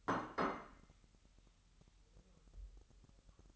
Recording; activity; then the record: daily activity, microphone in the room; place plate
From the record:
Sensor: 3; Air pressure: 1002.0 hPa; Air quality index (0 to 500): 247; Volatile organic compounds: 51 ppm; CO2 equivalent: 3308 ppm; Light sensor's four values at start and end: 12/37/16/13 and 12/37/16/13